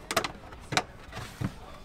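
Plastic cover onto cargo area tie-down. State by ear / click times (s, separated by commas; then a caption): seated / 0.1 s. A plastic cover is pushed back onto a cargo-area tie-down in a 4-door Bronco after the tie-down bolts are snugged, and it clicks into place with a sharp snap at 0.1 s. Quick follow-on ticks come just after, then a second sharp click at 0.8 s and a duller knock at 1.4 s. The cover is seated.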